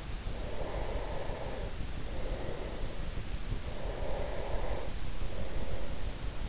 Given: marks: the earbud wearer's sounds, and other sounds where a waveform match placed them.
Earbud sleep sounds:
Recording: sounds in sleep by an in-ear microphone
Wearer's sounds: breath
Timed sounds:
0.33-3.17 s: breath
3.57-6.49 s: breath

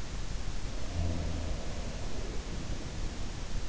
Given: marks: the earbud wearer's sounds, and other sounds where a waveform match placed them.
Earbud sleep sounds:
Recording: sounds in sleep by an in-ear microphone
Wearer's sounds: breath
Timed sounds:
0.48-3.20 s: breath

